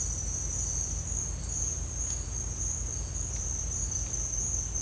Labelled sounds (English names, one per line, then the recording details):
none
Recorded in dense forest near Puerto Asís, Putumayo, Colombia, on 22 December 2024 at 09:00
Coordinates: 0.481, -76.323
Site G100